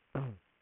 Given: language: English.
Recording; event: throat vibration sensor signal played as sound; throat clearing